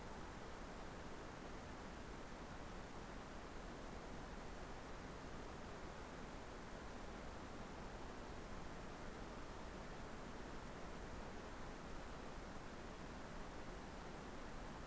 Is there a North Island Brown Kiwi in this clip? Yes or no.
no